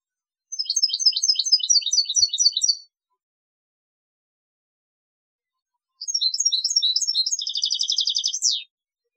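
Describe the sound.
European goldfinch song: two bursts of quick, tinkling twittered notes, the second ending in a rapid buzzy trill, separated by about three seconds of silence.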